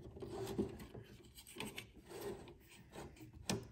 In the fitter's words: as it goes in that little piece closes snapped in place